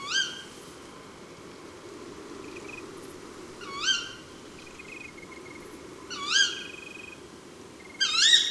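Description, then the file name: Tawny owl giving sharp, rising kewick calls every few seconds, four in all, with faint high trills between them. Several owls recorded at Chanéac, Ardèche. "Chouettes-hulottes-Chaneac-Ambiances-Sonores-d Ardeche-Studio-Les-Trois-Becs"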